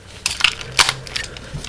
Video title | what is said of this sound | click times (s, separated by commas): Psyco Gundam MSIA review | take the whole leg and just pull it until it clicks down | 0.3 s, 0.4 s